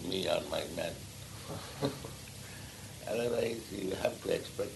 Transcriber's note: laughs